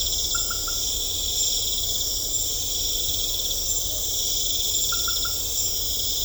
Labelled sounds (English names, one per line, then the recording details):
none
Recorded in secondary vegetation near Puerto Asís, Putumayo, Colombia, on 18 December 2024 at 20:00
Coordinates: 0.500, -76.326
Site G065